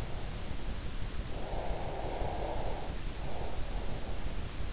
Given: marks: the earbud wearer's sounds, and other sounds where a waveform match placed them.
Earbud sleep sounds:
sounds in sleep by an in-ear microphone; breath
1.42-3.93 s: breath

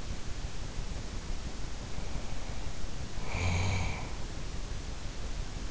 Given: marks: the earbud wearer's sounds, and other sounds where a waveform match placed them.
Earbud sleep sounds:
sounds in sleep by an in-ear microphone; snoring breath
1.90-4.31 s: snoring breath

